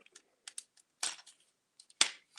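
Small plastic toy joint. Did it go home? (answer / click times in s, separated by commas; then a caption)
yes / 2.0 s. A plastic Transformers Studio Series 66 Overload transforming robot figure has a limb rotated up until it springs into its locked position. Light plastic ticks and a louder rattle near 1.0 s come before a sharp, loud click at 2.0 s as the part locks in place.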